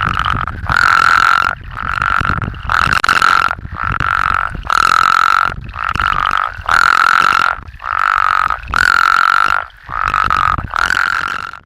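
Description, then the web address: Plains spadefoot calls: harsh, nasal, snore-like bleats, each short, repeated in a steady series. "Frog Spea Bombifrons"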